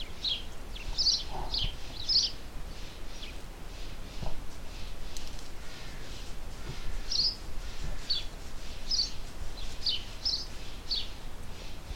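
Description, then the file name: House sparrow giving short, high chirps in loose irregular bursts, with a steady low rumble of background noise. "Passer domesticus"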